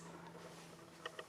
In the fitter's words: you know, locks into place,